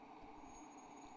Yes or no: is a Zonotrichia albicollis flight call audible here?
no